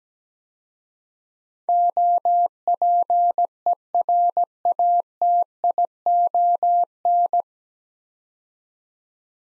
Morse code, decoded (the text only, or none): OPERATION